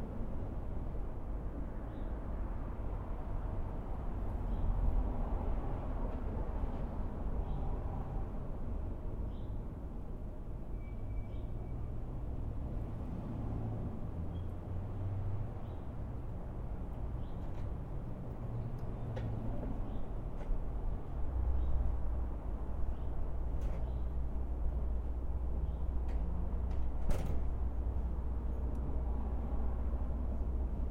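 A backyard with a steady, low traffic rumble running underneath throughout, thickening around 21 seconds. Faint bird chirps flick in now and then, a brief thin beep sounds near 10 seconds, and a few sharp clicks or knocks land around 23 and 27 seconds.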